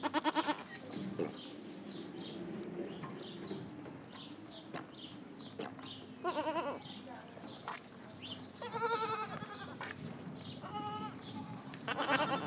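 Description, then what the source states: Goat kids bleating: scattered trembling bleats among faint chirps and knocks, with a steady low hum underneath. Young goat kids recorded just after feeding at Gut Adolfshof, Hämelerwald; recorded with a Sony D100 using its internal microphone.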